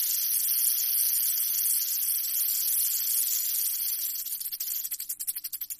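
Rattlesnake rattling, a steady dry high hissing buzz that breaks into rapid separate pulses during the last second and a half.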